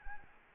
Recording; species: mosquito wingbeat signal from an infrared sensor; Anopheles arabiensis